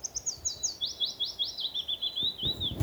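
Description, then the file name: Willow warbler song: a phrase of many slurred whistled notes descending in pitch, with faint low background noise. "fitis"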